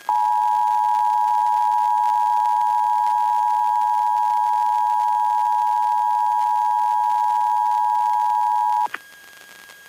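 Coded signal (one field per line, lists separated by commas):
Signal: Emergency Alert System (SAME) tones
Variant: 853 and 960 Hz attention tone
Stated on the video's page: Real monthly EAS test on an FM broadcast station, received on a Midland WR400 about 24 miles from the transmitter, with noticeable hum.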